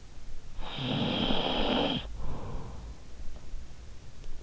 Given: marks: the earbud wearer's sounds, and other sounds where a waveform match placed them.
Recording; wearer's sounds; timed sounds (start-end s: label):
sounds in sleep by an in-ear microphone; snoring breath
0.25-3.36 s: snoring breath